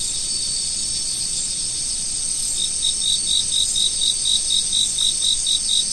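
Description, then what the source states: Insect chorus of constant high trilling, joined partway through by a run of evenly spaced pulsed chirps. Insects singing in fall.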